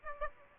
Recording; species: mosquito wingbeat signal from an infrared sensor; Aedes aegypti